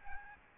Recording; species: mosquito wingbeat signal from an infrared sensor; Aedes albopictus